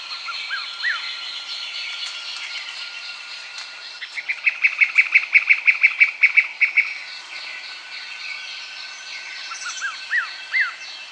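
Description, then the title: Greyish mourner: a rapid, even series of many sharp notes lasting nearly three seconds, with scattered slurred whistles and chirps before and after. Subspecies Rhytipterna simplex simplex. "LuckyPassaro Completos2Sama. Greyish Mourner (Rhytipterna simplex simplex)"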